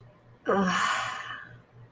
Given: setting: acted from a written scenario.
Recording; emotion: vocal sound without words; shame